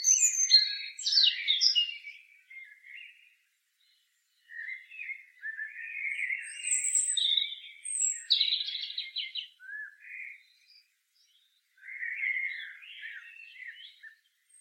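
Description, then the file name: European robin singing, bursts of crisp high notes, then longer rippling warbles and a final softer phrase, each set apart by short silences. "Erithacus rubecula"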